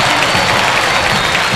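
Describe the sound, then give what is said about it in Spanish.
A stadium crowd roars and applauds at the final whistle as Gimnasia beats Atlanta 2-0. The cheering and clapping form a dense, steady wash, loud and sustained throughout, with no voices standing out. “Y estar atentos porque va a explotar el estadio en cualquier momento.”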